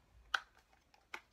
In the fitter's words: They click into place really nice.